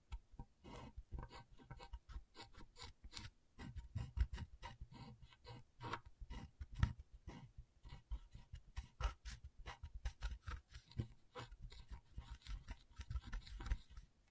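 Scratchboard being worked, with rapid rasping strokes that come in quick, irregular bursts throughout. Each scrape is short and gritty, with a hissy top and a dull low thump, some strokes louder than others. The pace stays busy with only brief pauses.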